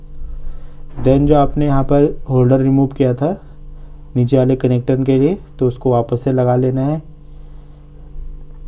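A man talks in a small, quiet space while preparing to refit the plastic holder for the lower connector in a scooter handlebar switch housing. No click or impact stands out over his voice. The clip ends before the holder is pressed home, so nothing has seated or clicked yet.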